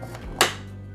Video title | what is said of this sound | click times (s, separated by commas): How to clean Breville Grinder - Proper Way - Breville Barista Express | you hear that click | 0.4 s